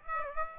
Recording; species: mosquito wingbeat signal from an infrared sensor; Aedes aegypti